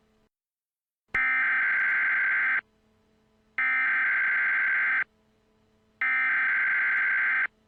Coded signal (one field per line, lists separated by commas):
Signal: Emergency Alert System (SAME) tones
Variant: header bursts